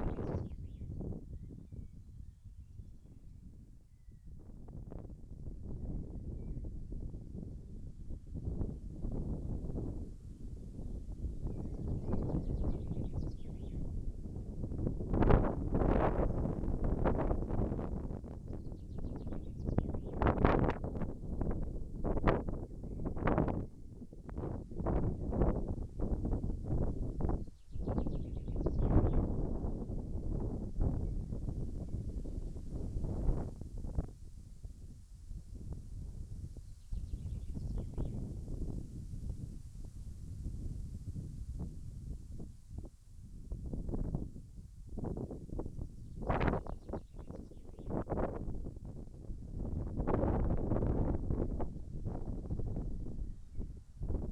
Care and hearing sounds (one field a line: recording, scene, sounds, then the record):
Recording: everyday scene through a hearing-aid microphone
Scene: wind on the microphone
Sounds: wind, birds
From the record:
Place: in front of a rural house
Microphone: behind the ear, left, rear